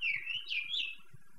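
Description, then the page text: Large-billed seed finch song: a brief phrase of sweet, wavering whistles sliding up and down, three linked notes, with faint low background knocks. Clear-song (canto claro, tinaquillo) style of central Venezuela (Carabobo, Yaracuy, Cojedes, Aragua); old tinaquillo of the 1960s–1980s; kept bird, Valencia, Carabobo. "Cantos Claros ( Tinaquillos ) del Centro del Pais ( Venezuela ). Cantos Claros de Pico de Plata Negro ( Oryzoborus Crassirostris ) zona del centro ( Carabobo, Yaracuy, Cojedes, Aragua ). por el senor Luis Scovino. Truquero"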